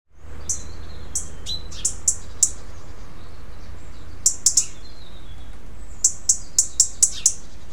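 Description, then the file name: European robin calling with sharp, high ticking notes, some single and some in quick series, over steady low background noise. "Erithacus rubecula"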